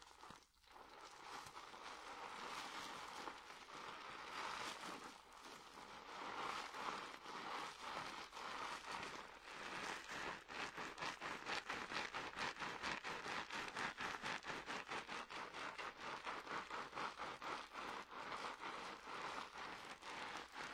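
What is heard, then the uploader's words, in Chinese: Hair being given a dry wash, heard as a dense, bright rustling hiss like fine rain. Quick scrubbing strokes pulse through it, growing more rapid and regular after about ten seconds, with brief dips near the start and around five seconds. 发廊小姐姐为你的头发做干洗。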